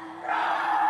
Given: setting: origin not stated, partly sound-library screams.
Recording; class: one-second piece from a danger detection set; woman in danger